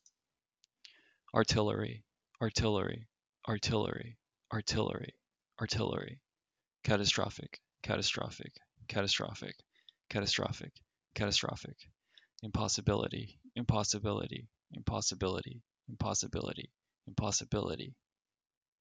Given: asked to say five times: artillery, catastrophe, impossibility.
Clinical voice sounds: three words, each repeated; male; 20 to 29 years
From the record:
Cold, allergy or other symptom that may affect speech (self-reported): no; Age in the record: 29 years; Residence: Oregon, United States

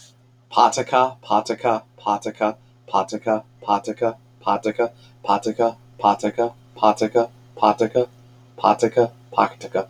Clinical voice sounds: repeated syllables /pa ta ka/; male; 30 to 39 years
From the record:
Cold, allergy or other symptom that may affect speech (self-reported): no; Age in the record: 32 years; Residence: Rhode Island, United States

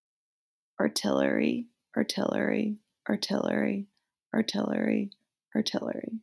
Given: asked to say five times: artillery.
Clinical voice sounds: repeated word; female; 20 to 29 years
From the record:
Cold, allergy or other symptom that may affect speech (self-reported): no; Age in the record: 28 years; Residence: Virginia, United States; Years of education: 16

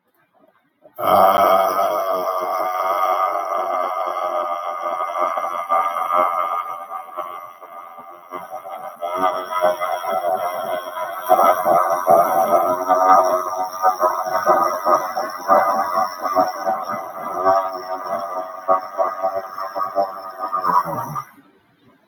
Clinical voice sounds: vowel held as long as possible; male; 50 to 59 years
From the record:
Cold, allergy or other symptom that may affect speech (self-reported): no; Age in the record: 58 years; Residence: Alaska, United States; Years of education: 16

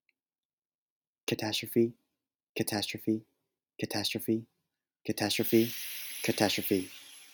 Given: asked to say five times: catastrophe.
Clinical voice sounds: repeated word; male; 20 to 29 years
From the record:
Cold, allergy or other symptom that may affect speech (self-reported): no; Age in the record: 21 years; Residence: California, United States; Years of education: 16

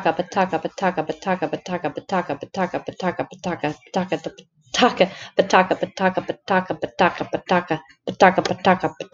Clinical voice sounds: repeated syllables /pa ta ka/; female; 40 to 49 years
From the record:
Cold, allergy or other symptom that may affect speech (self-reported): no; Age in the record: 47 years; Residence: Indiana, United States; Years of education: 16

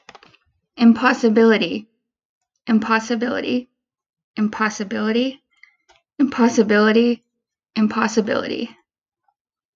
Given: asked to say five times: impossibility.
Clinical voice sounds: repeated word; female; 30 to 39 years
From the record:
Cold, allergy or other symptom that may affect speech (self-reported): no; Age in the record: 35 years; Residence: California, United States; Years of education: 16

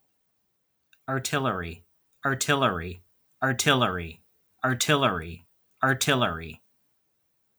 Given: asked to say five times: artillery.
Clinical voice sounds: repeated word; male; 40 to 49 years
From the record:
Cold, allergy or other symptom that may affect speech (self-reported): no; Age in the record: 44 years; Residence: Michigan, United States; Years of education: 13

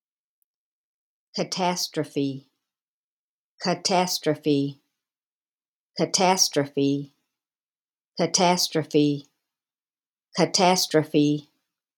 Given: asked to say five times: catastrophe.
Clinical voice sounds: repeated word; female; 60 to 69 years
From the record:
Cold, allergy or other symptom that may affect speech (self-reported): no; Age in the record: 66 years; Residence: Texas, United States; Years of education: 18

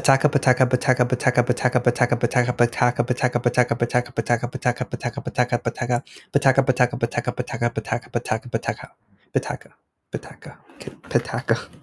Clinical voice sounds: repeated syllables /pa ta ka/; male; 20 to 29 years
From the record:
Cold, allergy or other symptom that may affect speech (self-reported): no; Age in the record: 22 years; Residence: Florida, United States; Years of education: 15

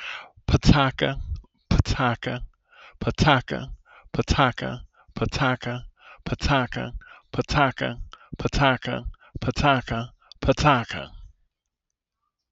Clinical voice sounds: repeated syllables /pa ta ka/; male; 30 to 39 years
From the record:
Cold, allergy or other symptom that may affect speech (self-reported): no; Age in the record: 32 years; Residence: Illinois, United States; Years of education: 16

